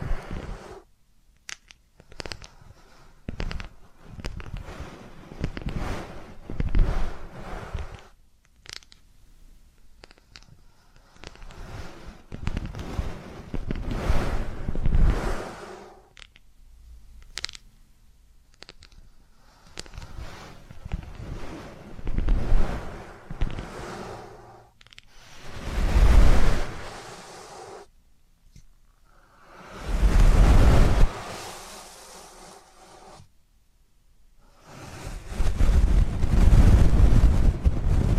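Deep ear canal and eardrum cleaning ASMR: rapid crackly rubbing and scratching bursts come in irregular clusters, separated by short silent gaps. Around 26, 30 and 36 seconds longer, louder rushing scrapes swell up, muffled and rumbly like wind on a microphone.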